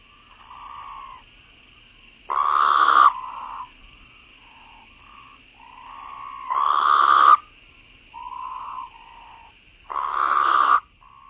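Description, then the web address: Sonoran Desert toad giving three short, low, breathy hoots roughly every four seconds, softer short notes in between, and a constant thin high whine behind. "Songs of Frogs Toads of North America. Sonoran Desert Toad"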